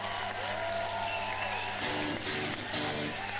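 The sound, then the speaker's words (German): Steady, dense applause from an audience for their boss standing on a stage, a continuous wash of many hands clapping at once, with faint voices and tonal sounds underneath throughout. “Es ist unserem Chef so furchtbar unangenehm, auf einer Bühne zu stehen, darum klatscht nochmal bitte.”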